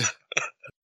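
Three short cough bursts with a thin, high, whistle-like tone, an unusual cough in an adult man with COVID-19.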